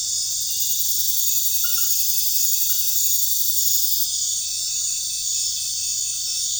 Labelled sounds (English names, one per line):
none